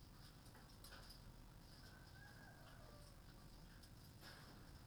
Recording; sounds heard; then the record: poultry house recording; healthy chickens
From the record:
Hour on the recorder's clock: 0